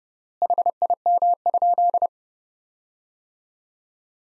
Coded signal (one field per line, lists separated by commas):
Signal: Morse code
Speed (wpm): 31 wpm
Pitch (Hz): 700 Hz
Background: none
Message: HIM?